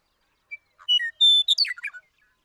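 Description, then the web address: Western meadowlark song, one phrase: a few clear, flute-like whistled notes, then a quick descending jumble of gurgling notes, loud and clean against silence. "birdsongforthecurious Western Meadowlark"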